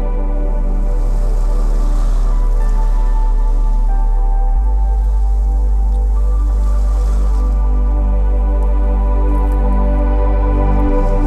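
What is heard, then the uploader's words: Soft sustained music over a deep steady drone, with gentle watery washes swelling near the start and middle and faint dripping textures throughout. Healing music to help you sleep with gentle ocean waves. Music with Gentle Ocean Waves.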